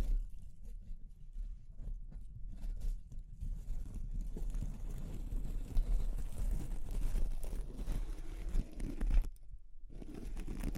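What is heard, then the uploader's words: ASMR texture exploration: a steady, dense run of low rubbing and crunching, like fingers working over a rough surface. Brighter scratchy bursts come around the third and fourth seconds and again between six and nine seconds, with a brief pause just after nine. ASMR Exploring Textures (No Talking).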